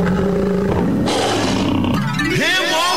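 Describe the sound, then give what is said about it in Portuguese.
A crowd of Pai Sandu football fans roars and shouts loudly in response to a call to shout at the Super Pop Live 360 show at the Círio de Santa Izabel, a dense wall of voices that surges sharply about a second in, then breaks into rising individual yells and whoops. “Quem é do Pai Sandu, dá um grito.”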